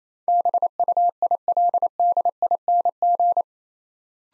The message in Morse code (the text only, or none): BUILDING